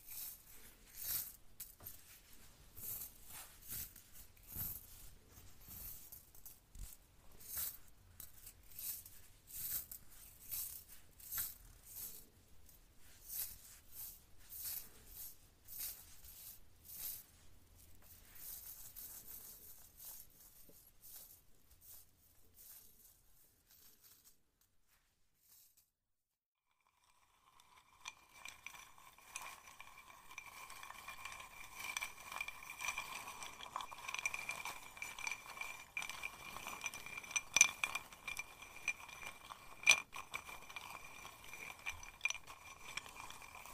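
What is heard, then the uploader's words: Small hard objects are handled: a glass bottle, tape and a bag of safety pins clink and rattle in quick, uneven taps and jingles through the first twenty seconds. After a near-silent gap around 26 seconds, a brighter scraping and rubbing sound continues steadily, with occasional sharp clicks. Random Triggers | No Talking | Binaural. I use a glass bottle, duct tape, a bag of safety pins, and a seashell to achieve some lovely, tingly sounds.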